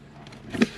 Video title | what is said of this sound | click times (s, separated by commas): Changing wipers and air filters on a Tesla Model 3 yourself! | sort of snaps into place okay | 0.6 s